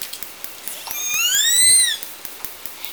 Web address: SRKW call-catalog Orca Calls Alwin Audiosamples call S 14